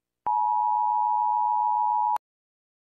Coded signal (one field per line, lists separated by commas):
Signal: Emergency Alert System (SAME) tones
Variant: 853 and 960 Hz attention tone